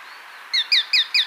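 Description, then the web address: Plain-breasted hawk calling four quick, sharp, downslurred kek notes in steady succession after a brief quiet start. Recorded in Ecuador. "Birds of Ecuador. Plain-breasted Hawk"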